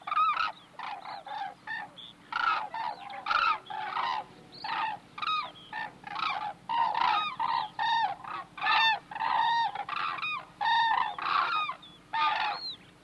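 Hooded crane calls, a series of loud, clear trumpeting notes given in quick repeated bursts.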